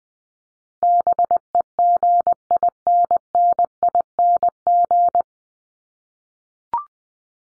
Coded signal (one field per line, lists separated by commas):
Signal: Morse code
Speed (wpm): 20 wpm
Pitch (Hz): 700 Hz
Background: none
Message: BEGINNING